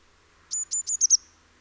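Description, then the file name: Eurasian blue tit song phrase: three high thin piping notes then two quicker, louder notes, all very high-pitched, over faint low rumble. "Cyanistes caeruleus"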